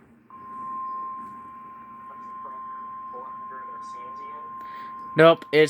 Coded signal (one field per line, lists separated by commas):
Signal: Emergency Alert System (SAME) tones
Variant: 1050 Hz attention tone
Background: speech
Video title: EAS #38 Severe Thunderstorm Warning on WXK38 in Amarillo TX (04/22/2022).